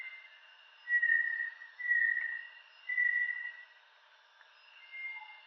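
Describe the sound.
Bartlett's tinamou calling with steady, pure whistles about once a second, the last one fainter after a pause.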